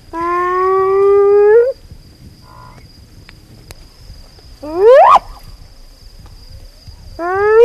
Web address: earth naturelibrary. spotted hyena